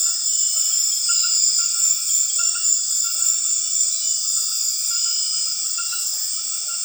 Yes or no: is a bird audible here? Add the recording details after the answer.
no. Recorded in dense forest near Puerto Asís, Putumayo, Colombia, on 18 February 2024 at 20:00. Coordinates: 0.502, -76.326. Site G6460